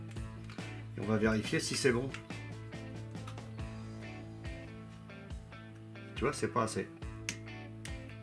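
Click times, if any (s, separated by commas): 7.3 s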